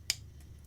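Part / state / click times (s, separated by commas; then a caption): spring slider in a self-impressioning key tool / seated / 0.1 s. A hex key is run along the small spring-loaded sliders of a Topolino self-impressioning key tool, pushing them back down to their zero position to reset the tool before picking a lock. One sharp, bright click sounds at 0.1 s, followed only by a few faint, soft sounds. The slider clicks back into place.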